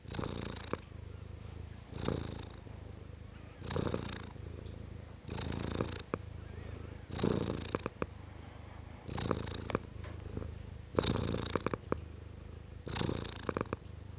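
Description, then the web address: Domestic cat purr, a continuous low drone that swells into breathy bursts about every two seconds as the cat breathes in and out. Tom cat, a male domestic cat, purring. "The BBC Sound Effects Library. Tom Cat, Purring"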